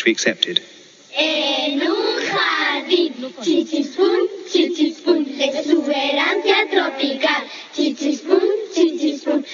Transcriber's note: young spanish girls chanting